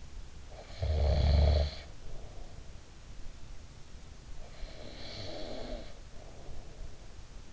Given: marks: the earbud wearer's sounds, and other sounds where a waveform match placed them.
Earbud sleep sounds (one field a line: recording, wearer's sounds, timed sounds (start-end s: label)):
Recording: sounds in sleep by an in-ear microphone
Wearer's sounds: snoring breath, breath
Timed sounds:
0.16-2.96 s: snoring breath
4.09-7.53 s: breath